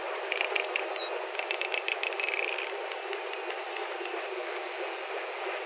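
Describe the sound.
False killer whale sounds: one high falling whistle over a buzzing click-pulse train lasting about two seconds, then steady background noise.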